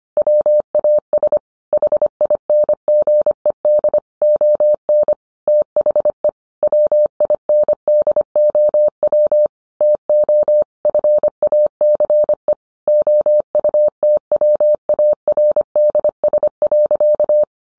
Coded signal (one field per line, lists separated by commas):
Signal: Morse code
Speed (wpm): 25 wpm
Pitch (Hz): 600 Hz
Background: none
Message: WAS HINGED ON THE WINDOW TO FACE OUTWARDS.